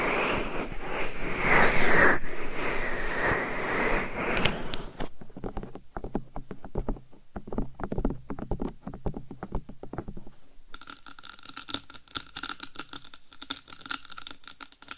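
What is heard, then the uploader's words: Microphone scratching and rubbing fills the first four seconds with a loud, dense rasp. It then drops to quieter, separate taps and soft brushing, and after about eleven seconds turns to quick, brighter tapping with a faint ringing tone. ASMR Binaural 3Dio Mic Scratching , Massage & Tapping Hypnotic Asmr No Talking.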